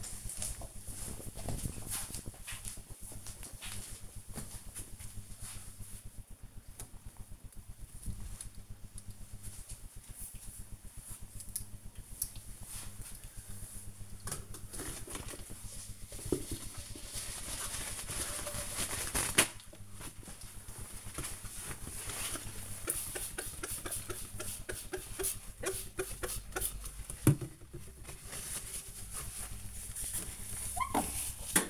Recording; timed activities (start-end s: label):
household activities, microphone on the right wrist
8.27-31.70 s: window cleaning